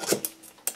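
A steel bearing-retaining circlip is handled at the groove of a brake drum hub on a 1997 Renault Twingo 1 after the rear wheel bearing has been pressed into the drum. There are brief scrapes and two sharp metallic ticks at about 0.2 s and 0.7 s. Nothing has seated or clicked into the groove yet.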